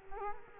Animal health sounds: mosquito wingbeat signal from an infrared sensor; Culex quinquefasciatus

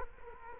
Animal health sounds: mosquito wingbeat signal from an infrared sensor; Culex quinquefasciatus

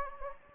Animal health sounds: mosquito wingbeat signal from an infrared sensor; Anopheles gambiae

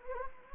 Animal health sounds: mosquito wingbeat signal from an infrared sensor; Anopheles gambiae

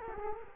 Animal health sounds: mosquito wingbeat signal from an infrared sensor; Culex quinquefasciatus

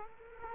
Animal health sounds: mosquito wingbeat signal from an infrared sensor; Culex quinquefasciatus

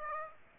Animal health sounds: mosquito wingbeat signal from an infrared sensor; Aedes aegypti

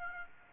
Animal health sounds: mosquito wingbeat signal from an infrared sensor; Aedes aegypti

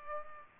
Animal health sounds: mosquito wingbeat signal from an infrared sensor; Culex pipiens

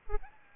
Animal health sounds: mosquito wingbeat signal from an infrared sensor; Aedes albopictus

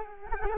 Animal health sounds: mosquito wingbeat signal from an infrared sensor; Culex quinquefasciatus

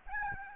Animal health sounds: mosquito wingbeat signal from an infrared sensor; Aedes albopictus

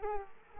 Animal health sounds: mosquito wingbeat signal from an infrared sensor; Culex quinquefasciatus

